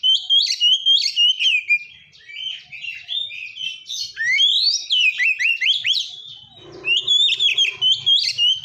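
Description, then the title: Oriental magpie-robin singing a rich, varied stream of whistled phrases with quick slurred rises and falls, nearly continuous with brief pauses, plus a low buzzy hum near the end. "kacer"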